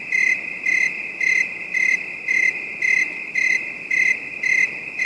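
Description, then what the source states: Cricket chirping, a high, steady ringing pulse broken into short bursts about twice per second, over a soft hiss of background noise. Night ambience; calm, distant bed of high-pitched crickets.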